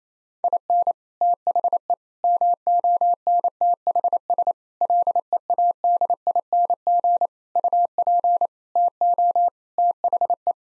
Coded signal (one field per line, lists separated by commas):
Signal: Morse code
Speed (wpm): 28 wpm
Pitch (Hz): 700 Hz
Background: none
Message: IN THE MONTHS LEADING UP TO THE